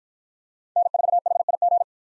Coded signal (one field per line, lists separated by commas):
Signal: Morse code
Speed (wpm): 53 wpm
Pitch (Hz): 700 Hz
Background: none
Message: N4HIG